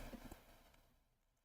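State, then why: Not seated. A small plastic goggle piece is pressed onto a LEGO Yu-Gi-Oh! Dark Magician brick model. Only faint rustling and a couple of soft, dull bumps near the start are heard before the sound fades to quiet. The piece has not clicked into place.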